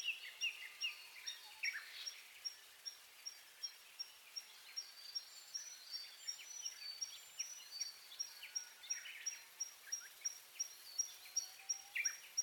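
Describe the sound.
Siberian blue robin calls as a long run of sharp, high ticks, with scattered twittering notes in the background.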